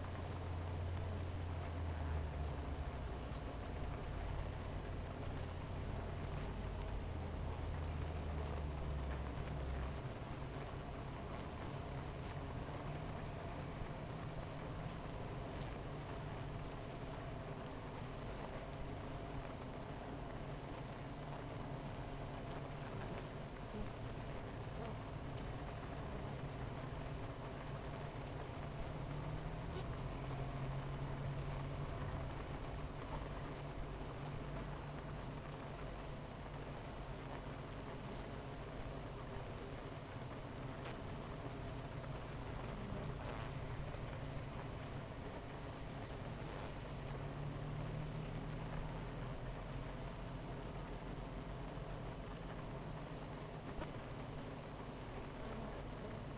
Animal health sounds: honeybee colony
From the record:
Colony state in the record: missing queen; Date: 14 July 2017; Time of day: 10:16

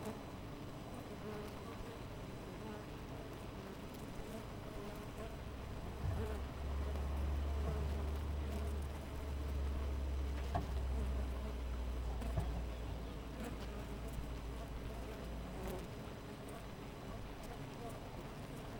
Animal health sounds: honeybee colony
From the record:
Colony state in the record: missing queen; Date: 14 July 2017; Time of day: 5:36

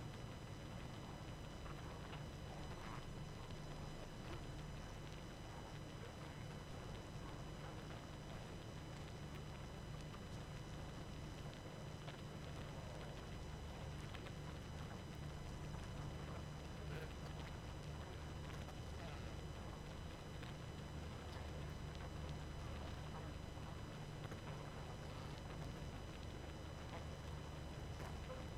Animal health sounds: honeybee colony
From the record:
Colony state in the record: active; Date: 12 June 2018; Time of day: 23:44

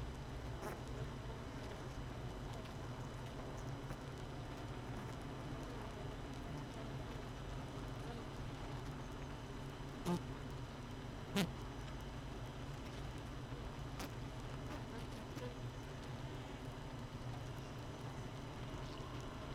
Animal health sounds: honeybee colony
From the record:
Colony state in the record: missing queen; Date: 31 May 2018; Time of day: 7:15

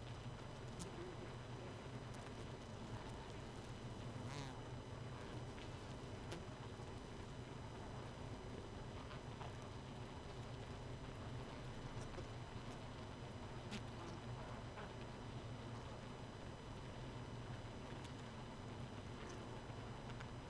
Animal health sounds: honeybee colony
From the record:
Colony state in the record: missing queen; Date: 31 May 2018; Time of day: 0:10

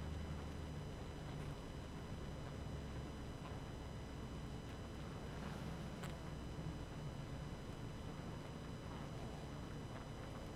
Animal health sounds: honeybee colony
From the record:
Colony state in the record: active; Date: 12 June 2018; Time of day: 19:51

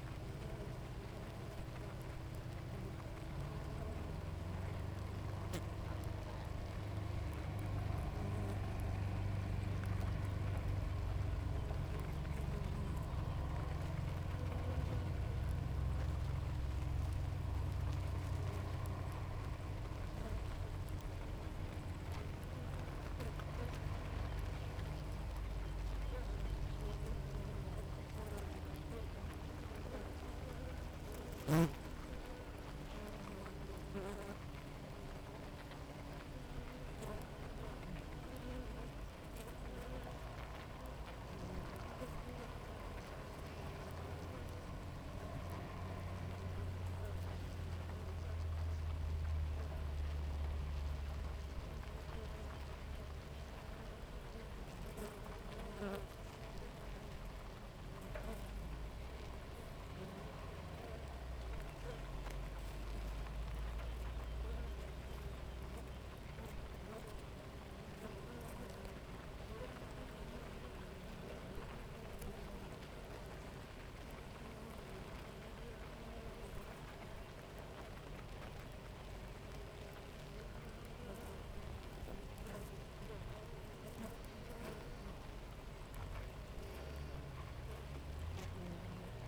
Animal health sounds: honeybee colony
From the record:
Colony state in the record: active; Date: 28 July 2017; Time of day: 6:53

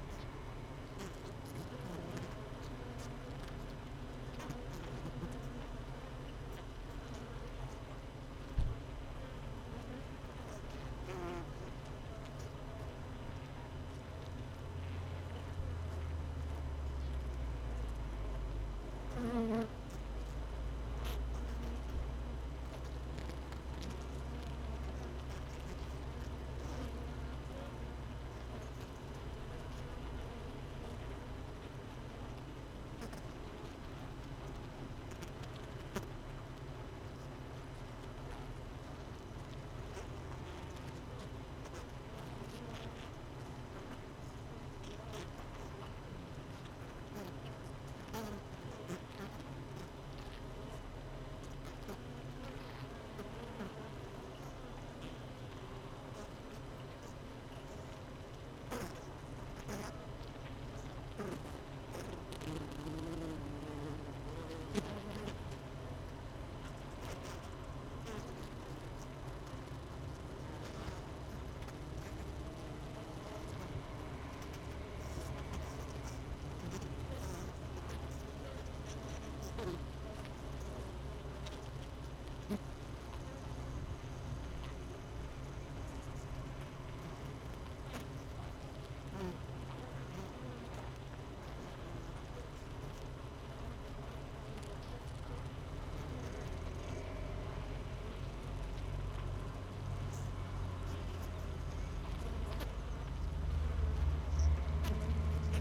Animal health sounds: honeybee colony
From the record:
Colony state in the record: missing queen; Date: 31 May 2018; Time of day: 17:26

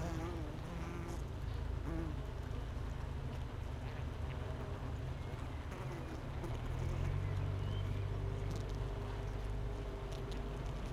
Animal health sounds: honeybee colony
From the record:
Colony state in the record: missing queen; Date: 31 May 2018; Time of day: 8:43

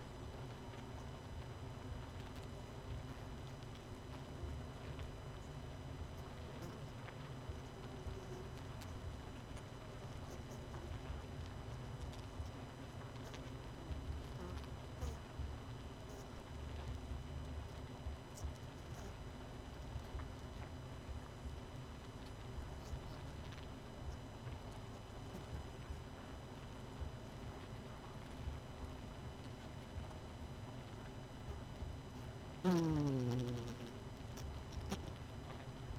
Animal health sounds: honeybee colony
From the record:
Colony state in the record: missing queen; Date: 31 May 2018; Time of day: 20:21

